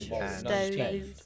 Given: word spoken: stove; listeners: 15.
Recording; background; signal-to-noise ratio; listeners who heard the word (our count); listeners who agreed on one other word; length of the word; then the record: one English word in noise, from a listening test; four-talker babble; 0.4 dB; 6 of 15; 6 of 15; 0.86 s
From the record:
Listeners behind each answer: 6, 6, 1, 1, 1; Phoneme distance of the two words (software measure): 10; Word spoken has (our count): 1 syllable, 4 phonemes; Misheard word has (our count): 1 syllable, 4 phonemes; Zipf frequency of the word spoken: 3.67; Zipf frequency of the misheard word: 4.84